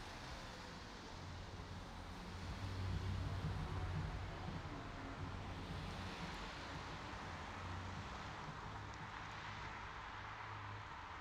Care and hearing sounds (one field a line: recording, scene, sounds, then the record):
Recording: everyday scene through a hearing-aid microphone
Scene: in traffic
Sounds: traffic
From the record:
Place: city secondary road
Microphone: in the ear canal, right